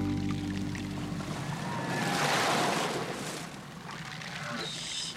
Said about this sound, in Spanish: Nos gustaría seguir cantando paz, pero escucha. Eso es, Es un buque, y puede ser un buque cazador de ballenas.